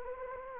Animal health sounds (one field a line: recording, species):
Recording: mosquito wingbeat signal from an infrared sensor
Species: Anopheles gambiae